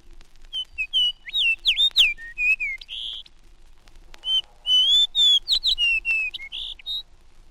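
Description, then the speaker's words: Fox Sparrow song: rich, varied whistled notes and short slurs, sung as two phrases of about two and a half seconds each, separated by a brief pause. Two birds recorded: one near Hudson Bay, a second in Canadian Labrador; species nests in northern spruce forest. "Here a bird sings near Hudson Bay and a second one in Canadian Labrador."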